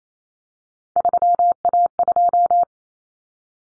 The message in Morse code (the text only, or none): 3A2